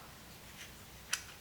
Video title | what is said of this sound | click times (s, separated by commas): How To Make A Guitar Pick Box | obviously if it's too strong they're gonna have a harder time opening it's just a nice little click and it's | 1.1 s